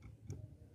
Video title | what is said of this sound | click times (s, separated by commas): Bajaj Chetak Electric Scooter First Ride Review - Full Detailed Review In Hindi | बिल्कुल lock हो जाता है, फिर | 0.3 s